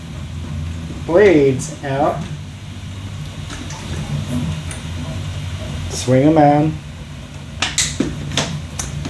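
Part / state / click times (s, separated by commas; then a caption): plastic pontoon into its locking hinge on a toy vehicle hull / seated / 7.6 s, 7.8 s, 8.4 s. Someone talks while the plastic pontoons on a 3D printed 1:12 scale toy swamp vehicle are swung out on their locking hinges against the hull. Sharp snaps at 7.6, 7.8 and 8.4 seconds mark the pontoons locking into place, just like on the original toy.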